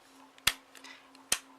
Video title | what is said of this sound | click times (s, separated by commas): IT'S ALL IN THE DETAILS: 4 Ways to Make Pom-Poms | am all done with wrapping this arch so I'm just going to close it and hear the click | 0.5 s